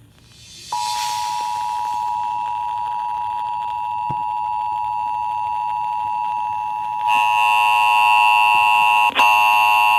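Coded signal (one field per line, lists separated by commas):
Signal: Emergency Alert System (SAME) tones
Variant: 853 and 960 Hz attention tone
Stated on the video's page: Maryland required monthly test EAS tones caught on WKIK and WSMD.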